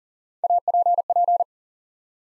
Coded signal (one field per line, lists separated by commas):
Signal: Morse code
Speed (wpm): 38 wpm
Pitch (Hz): 700 Hz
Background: none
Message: APP